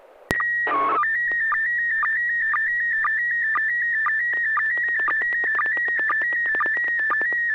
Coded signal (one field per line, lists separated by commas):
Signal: SSTV (slow-scan television)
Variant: PD 120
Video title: N6NA SSTV Net - 02/23/2022